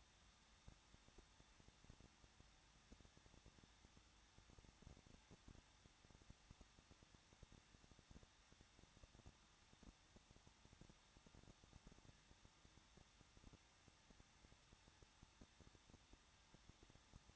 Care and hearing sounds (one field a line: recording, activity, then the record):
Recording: daily activity, microphone in the room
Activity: no activity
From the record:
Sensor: 3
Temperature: 21.2 degrees Celsius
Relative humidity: 36.3%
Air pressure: 1006.3 hPa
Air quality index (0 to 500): 221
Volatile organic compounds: 40 ppm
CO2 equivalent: 3151 ppm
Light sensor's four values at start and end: 2/3/2/2 and 2/3/2/2